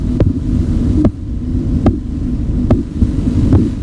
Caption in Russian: На руку пациента накладывается манжета, потом надувается. На артерию ниже манжеты нужно поместить стетоскоп. Когда артерия пережата, ничего не слышно, но по мере падения давления в манжете появляется похлопывающий звук. Вот что слышал доктор в момент, когда давление манжеты соответствовало систолическому давлению. Коротков называл это первой фазой.